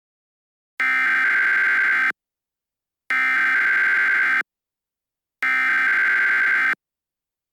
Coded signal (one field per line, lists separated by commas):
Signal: Emergency Alert System (SAME) tones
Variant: header bursts